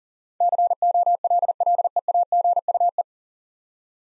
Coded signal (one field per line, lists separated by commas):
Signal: Morse code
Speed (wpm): 40 wpm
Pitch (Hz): 700 Hz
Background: none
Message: COLLEAGUE